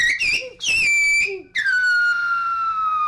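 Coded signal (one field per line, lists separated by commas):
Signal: whistled language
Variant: Silbo Gomero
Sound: three loud whistled phrases: two level high glides, then a long falling tone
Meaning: A reply saying the message was not understood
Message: Yo no te entiendo.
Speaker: En este caso me contestaría, "Yo no te entiendo."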